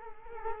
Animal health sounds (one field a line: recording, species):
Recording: mosquito wingbeat signal from an infrared sensor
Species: Culex quinquefasciatus